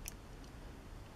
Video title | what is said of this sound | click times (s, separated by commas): Bandai Stormtrooper Part 2 | Another satisfying little click. | 0.1 s